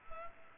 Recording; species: mosquito wingbeat signal from an infrared sensor; Culex pipiens